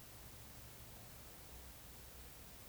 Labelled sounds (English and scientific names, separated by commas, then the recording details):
Eurasian Woodcock (Scolopax rusticola) croak
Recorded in Baden-Württemberg, Germany, on 19 May 2021 at 20:22 UTC
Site 24608, 624 m above sea level